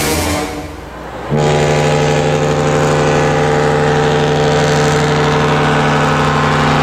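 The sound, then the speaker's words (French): The engine of a boat rented for the summer rumbles low for a moment, then the boat's loud, deep horn blares in and holds steady without a break, its rich droning tone continuing over the engine until the end. “Enfin, on est arrivé sur le bateau que C'est fou nous a loué pour l'été.”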